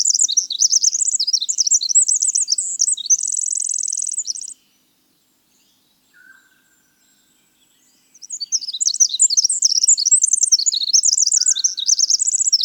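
Winter wren song: a long, rapid tumble of high tinkling notes ending in a fast buzzy trill, a pause with one soft low note, then another bubbling cascade begins.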